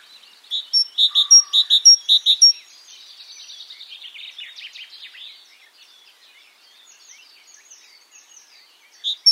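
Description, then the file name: Great tit calls: a run of sharp, clipped notes with high thin tones, followed by a softer buzzy chatter and scattered faint chirps. "Parus major"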